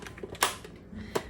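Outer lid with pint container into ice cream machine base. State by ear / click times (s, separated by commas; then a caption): seated / 0.4 s. A plastic outer lid holding the pint container is slid onto the base of a Ninja Creami Deluxe ice cream machine, with a few faint plastic clicks before a sharp snap at 0.4 s as the lid locks into place, and another lighter click follows at 1.2 s. The lid is seated and the machine is ready to go.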